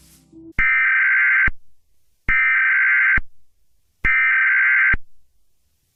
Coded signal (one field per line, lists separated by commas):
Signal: Emergency Alert System (SAME) tones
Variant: header bursts